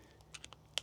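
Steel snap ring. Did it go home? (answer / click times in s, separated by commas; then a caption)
partly / 0.8 s. A steel snap ring is fitted into its groove on a DIY swap half shaft (CV axle), with faint metallic ticks around 0.2, 0.4 and 0.5 seconds before a sharp metallic snap at 0.8 seconds. Despite the snap, the ring is not fully seated, and a flathead screwdriver is needed to work it fully home.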